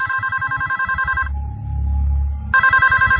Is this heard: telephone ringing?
yes